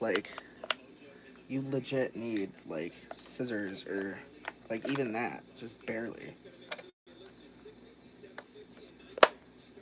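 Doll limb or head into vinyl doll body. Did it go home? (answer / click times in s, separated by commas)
yes / 9.2 s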